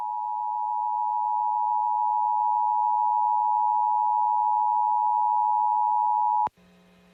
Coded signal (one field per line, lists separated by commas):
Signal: Emergency Alert System (SAME) tones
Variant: 853 and 960 Hz attention tone